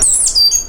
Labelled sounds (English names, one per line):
Stitchbird song